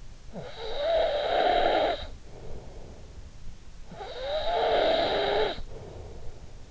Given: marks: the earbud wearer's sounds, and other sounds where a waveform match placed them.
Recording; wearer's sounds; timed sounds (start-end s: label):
sounds in sleep by an in-ear microphone; snoring breath
0.00-3.20 s: snoring breath
3.65-6.71 s: snoring breath